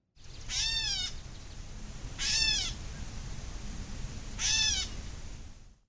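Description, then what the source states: Gray catbird giving three mewing calls, each a short slurred note, over a low background rumble. Distinctive mewing call.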